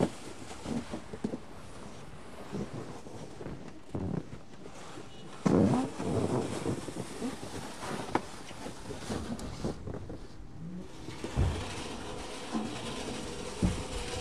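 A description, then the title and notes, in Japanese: Snow is being cleared, with a continuous rough, rumbling scrape running throughout. Heavier thuds and bursts stand out around five and a half seconds and again near eleven, while lighter knocks and scuffs come irregularly in between, over a steady low hiss. 湯治場ラジオ 雪下ろしASMR。村井六助さんでの雪下ろしの音を配信します。会話はありません。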